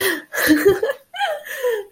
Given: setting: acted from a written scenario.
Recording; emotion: vocal sound without words; ecstasy